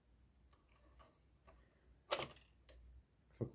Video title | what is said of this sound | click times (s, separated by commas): Pfaff Variomatic 6085 sewing machine. Complet tutorial, PART 1. | Click Da aici uite Click | 2.1 s